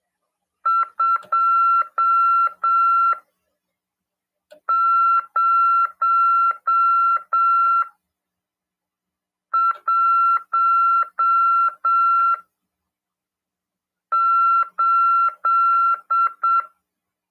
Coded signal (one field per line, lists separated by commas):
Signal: Morse code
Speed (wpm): 7 wpm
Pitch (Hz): 1360 Hz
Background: none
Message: 2018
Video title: RADIOAMADOR 2ªEd. 13/12/2022 "AULA 44: CW, LEGIS e C.RODADA" FM 146.410 Mhz PY2EXU PAULO CRASP/RAF.